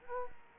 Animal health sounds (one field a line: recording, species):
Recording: mosquito wingbeat signal from an infrared sensor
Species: Culex quinquefasciatus